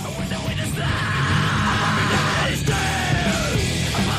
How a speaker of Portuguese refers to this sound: Que a princípio é só um grito, mas dentro desse negócio aqui faz total sentido, entendeu?